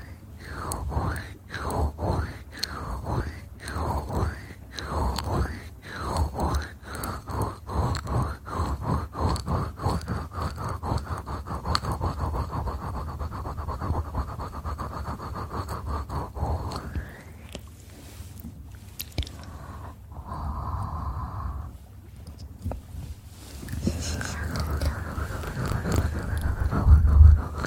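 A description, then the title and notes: Eating and licking sounds, wet and fast, with a steady run of quick smacking clicks that speed up through the first seventeen seconds. A short quieter break follows, then softer, smoother mouth sounds and a louder burst near the end. ASMR Fast Ear Eating & Licking.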